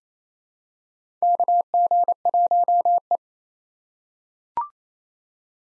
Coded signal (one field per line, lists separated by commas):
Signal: Morse code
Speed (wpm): 27 wpm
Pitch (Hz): 700 Hz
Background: none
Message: KG1E